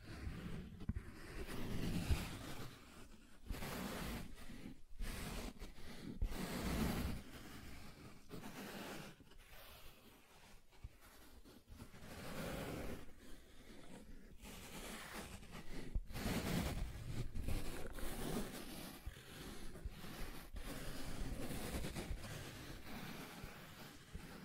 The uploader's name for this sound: Soft Tracing on Smooth and Rough Surfaces